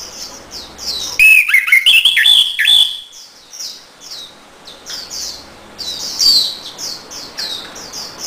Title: Anis Merah Macet.. Pancing Dengan Suara Ini..